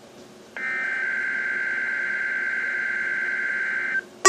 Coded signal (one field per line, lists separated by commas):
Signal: Emergency Alert System (SAME) tones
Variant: header bursts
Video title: EAS #9 - Required Weekly Test (9/2/15)